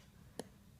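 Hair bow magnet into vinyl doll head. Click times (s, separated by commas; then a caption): 0.4 s. A small magnet, fed inside a vinyl reborn doll head on a spoon and flipped, snaps onto the outer magnet that will hold a hair bow. A single short, sharp click at 0.4 s stands out above a quiet background hum. The magnet is seated in place.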